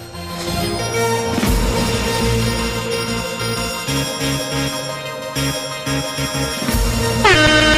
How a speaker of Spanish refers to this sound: Se me han colado bocinas.